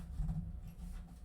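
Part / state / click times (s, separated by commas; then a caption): motherboard I/O shield into PC case rear opening / not seated / none. A metal rear motherboard I/O shield is being handled and lined up with the rectangular rear opening of a PC case, ready to be pushed in. Only a steady low hum and faint handling noise are heard, with no sharp sounds. Nothing has seated or clicked yet.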